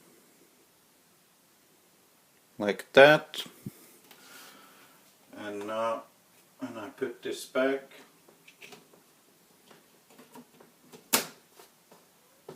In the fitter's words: everything just snaps in place nice and easily.